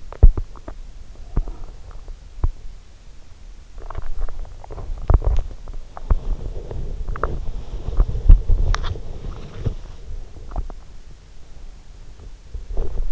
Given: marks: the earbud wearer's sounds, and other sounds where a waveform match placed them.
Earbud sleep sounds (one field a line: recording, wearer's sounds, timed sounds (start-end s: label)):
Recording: sounds in sleep by an in-ear microphone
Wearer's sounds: body movement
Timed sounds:
0.00-13.12 s: body movement